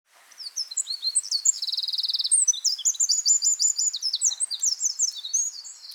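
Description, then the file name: Eurasian wren singing a loud, rapid song of high, tinkling notes and fast trills, with a long buzzy rattle near two seconds, continuing in quick bursts to the end. "Troglodytes troglodytes"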